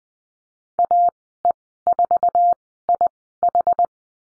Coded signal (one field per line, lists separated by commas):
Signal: Morse code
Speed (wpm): 20 wpm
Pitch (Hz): 700 Hz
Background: none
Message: AE4IH